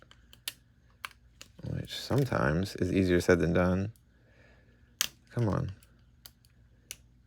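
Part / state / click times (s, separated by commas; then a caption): locking tab in a toy robot's foot or leg assembly / seated / 6.9 s. Someone talks while working a small locking tab on the leg/foot assembly of a die-cast Power Rangers Kara Kuri Dino Megazord robot figure, with sharp plastic clicks and taps as they struggle to line it up. The tab clicks into place at 6.9 s and stays down, seated so the foot won't collapse.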